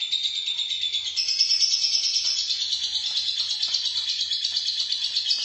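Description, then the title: Lovebird song, continuous high, squeaky chatter with rapid pulsing notes, steady in loudness. "BM Suara Burung Lovebird"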